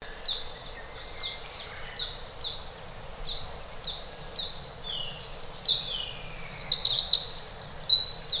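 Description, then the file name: Eurasian wren song: rapid high, buzzy notes in quick series, building into a loud, fast trill near the end, over steady background noise. "Troglodytes troglodytes"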